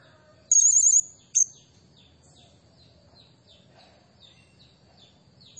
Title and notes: Burung Serindit Nembak Gacor. Suara Nasteran Dan Pemikat Burung Serinditan Gacor